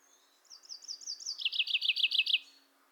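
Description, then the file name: Common chaffinch song: a quick descending trill of repeated notes that speeds into a lower, louder rattling series, lasting about two seconds. "Fringilla coelebs"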